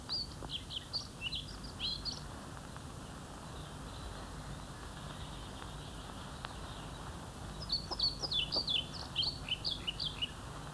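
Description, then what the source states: European Pied Flycatcher song: two short bursts of high, quick chirping notes, the first near the start and the second about seven seconds later, over steady low hiss. Simple song sung by the male only until a female joins him, then he falls silent; its sole purpose is attracting a female.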